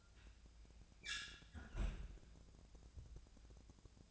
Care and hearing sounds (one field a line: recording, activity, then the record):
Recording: daily activity, microphone in the room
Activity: close fridge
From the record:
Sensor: 2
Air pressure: 999.9 hPa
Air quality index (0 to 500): 124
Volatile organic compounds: 2 ppm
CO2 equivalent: 1066 ppm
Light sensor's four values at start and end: 31/77/33/37 and 31/77/33/37